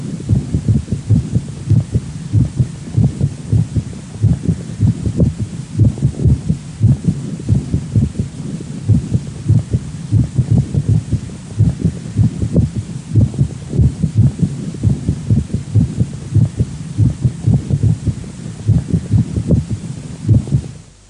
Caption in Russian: Мерцательная аритмия или трепетание предсердий чаще всего аускультативно определяется отсутствием всякой закономерности в следовании тонов сердца, а также их меняющейся звучностью. Запись, полученную на верхушке сердца у больного с тахисистолической формой мерцательной аритмии.